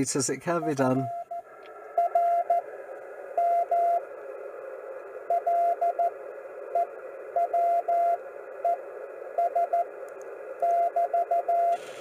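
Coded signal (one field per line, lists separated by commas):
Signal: Morse code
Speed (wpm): 14 wpm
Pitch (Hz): 690 Hz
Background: speech, radio noise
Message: <SN>R M LEWES <BT>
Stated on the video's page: Heard on 2 meters during an activity afternoon from a hilltop car park (a SOTA summit) near the coast.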